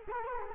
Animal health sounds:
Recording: mosquito wingbeat signal from an infrared sensor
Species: Culex quinquefasciatus

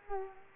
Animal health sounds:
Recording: mosquito wingbeat signal from an infrared sensor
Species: Culex quinquefasciatus

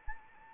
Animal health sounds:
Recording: mosquito wingbeat signal from an infrared sensor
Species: Anopheles arabiensis

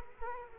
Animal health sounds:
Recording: mosquito wingbeat signal from an infrared sensor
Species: Culex quinquefasciatus

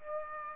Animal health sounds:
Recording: mosquito wingbeat signal from an infrared sensor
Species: Aedes aegypti

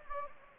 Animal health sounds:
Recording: mosquito wingbeat signal from an infrared sensor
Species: Anopheles gambiae

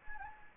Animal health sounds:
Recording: mosquito wingbeat signal from an infrared sensor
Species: Anopheles gambiae

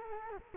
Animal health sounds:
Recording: mosquito wingbeat signal from an infrared sensor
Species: Culex quinquefasciatus

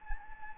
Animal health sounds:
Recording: mosquito wingbeat signal from an infrared sensor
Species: Anopheles gambiae

